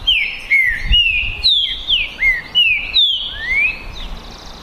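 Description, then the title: Green-winged saltator song: a rapid run of several loud whistled notes, most falling in pitch, ending with a rising slur; soft low rumbling underneath. Two contest birds named Naval and Demolidor in a song contest, 2022 season; chirping, singing and displaying male dominance against each other. "Esse É PERFEITO Para ESQUENTAR Seu TRINCA Piando, Cantando E Macheando Na DISPUTA. ISSO SIM!! É UMA DISPUTA DE TRINCA FERRO PERFEITA!! NAVAL VS DEMOLIDOR 2022! TEMPORADA 2022!"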